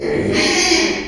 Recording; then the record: squeal of a Yucatan mini pig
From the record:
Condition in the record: after surgery on the right vocal fold (resection and tissue-engineered implant); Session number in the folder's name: 2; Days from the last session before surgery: 13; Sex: male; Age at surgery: 12 weeks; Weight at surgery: 13 kg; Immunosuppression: cyclosporine, prednisolone